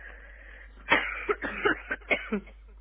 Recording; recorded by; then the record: voluntary cough; telephone call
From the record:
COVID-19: positive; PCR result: checked with the laboratory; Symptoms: yes